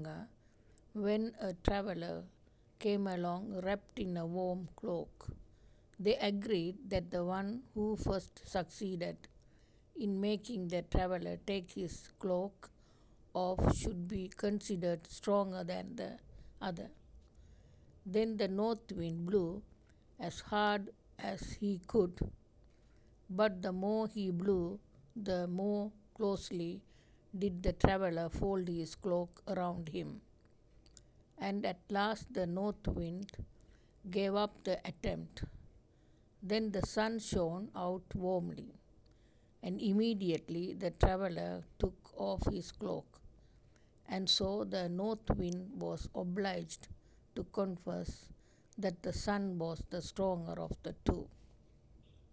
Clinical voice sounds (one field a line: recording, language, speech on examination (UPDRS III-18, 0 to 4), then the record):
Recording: text read into a phone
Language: English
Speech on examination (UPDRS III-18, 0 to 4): 0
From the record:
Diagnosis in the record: healthy control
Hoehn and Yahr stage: 0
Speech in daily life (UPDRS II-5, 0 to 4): 0